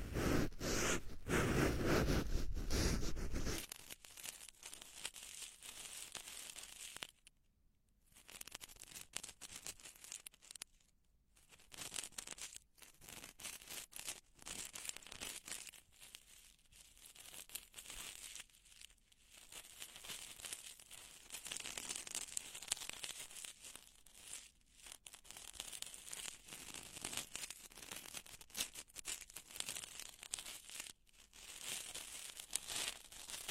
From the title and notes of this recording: Ear canal simulation, ultra-deep penetrating ear picking, delicate and comfortable.